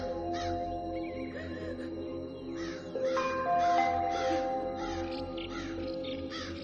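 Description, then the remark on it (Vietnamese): Several crows caw repeatedly in harsh, overlapping bursts in the sky beneath dark clouds, while a steady sustained tone and a few held, higher melodic notes hum underneath. No one speaks. “Tiếng khóc của hai người mẹ tựa hồ như một khúc đàn bầu chối lóa, át trà cả tiếng bậy quạ xào xạc trên không trung, dội vào bầu trời đầy mây đen phần cũ.”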